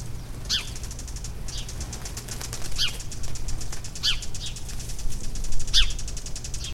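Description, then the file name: House sparrow, short bright chirps repeated every second or so, a few notes louder, over a steady low hum. "Passer domesticus"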